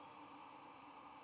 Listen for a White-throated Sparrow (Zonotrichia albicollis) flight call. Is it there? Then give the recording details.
no. No flight call is heard. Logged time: 23:35 on 8 November 2014